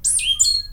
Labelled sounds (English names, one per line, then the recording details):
Stitchbird song
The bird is a male
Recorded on Tiritiri Matangi Island, New Zealand, in 2005
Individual 22, of nest box 31